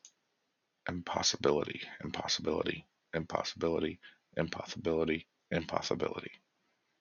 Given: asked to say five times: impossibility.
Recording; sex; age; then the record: repeated word; male; 30 to 39 years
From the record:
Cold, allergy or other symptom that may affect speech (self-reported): no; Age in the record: 39 years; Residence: Massachusetts, United States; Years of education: 16